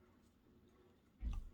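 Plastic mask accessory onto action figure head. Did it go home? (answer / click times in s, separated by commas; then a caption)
no / none. A plastic mask accessory is pushed onto the head of a Hasbro Power Rangers Lightning Collection Ninja Rangers action figure. Quiet low background noise gives way to a brief burst of low, muffled handling noise from about 1.2 to 1.5 seconds, with a soft bump near 1.3 seconds. The mask ends up sitting on the head, but nothing has snapped or clicked into place.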